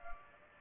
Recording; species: mosquito wingbeat signal from an infrared sensor; Culex pipiens